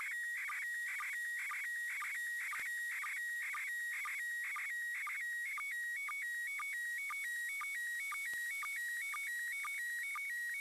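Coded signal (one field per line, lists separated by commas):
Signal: SSTV (slow-scan television)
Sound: rhythmic warbling tones near 2 kHz, repeating twice a second with short low chirps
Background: radio static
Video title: ISS SSTV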